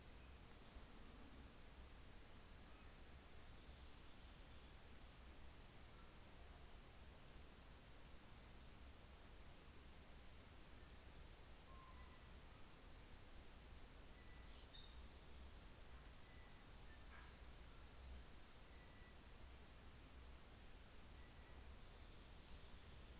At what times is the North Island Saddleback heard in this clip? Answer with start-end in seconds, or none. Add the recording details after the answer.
none. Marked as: faintness 4/5. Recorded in New Zealand on 24 December 2018. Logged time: 15:45